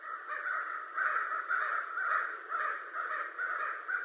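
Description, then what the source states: American crow giving raspy caws in quick, loosely spaced succession, about two per second, with a continuous harsh texture. Recorded 25 November 2011.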